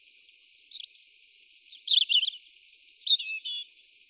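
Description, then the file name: European robin song, a continuous tumbling phrase of high, thin trills and sweet sliding notes, with a few sharp piercing whistles scattered through it. "Erithacus rubecula"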